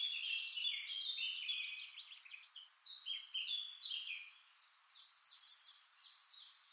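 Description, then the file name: Eurasian blackcap song: a fast, scratchy, high-pitched warble of varied chattering notes running continuously, with a brighter burst near the end. "Sylvia atricapilla"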